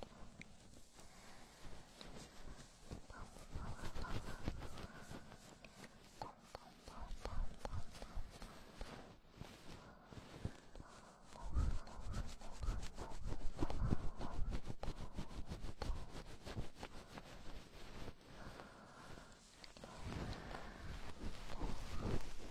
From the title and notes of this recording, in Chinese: 鹅毛棒掏耳朵 轻语。